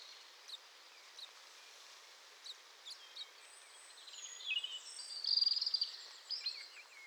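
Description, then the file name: Eurasian blackcap song: scattered soft ticking notes, then a brief burst of rapid, high warbling chatter, with steady background hiss throughout. "Sylvia atricapilla"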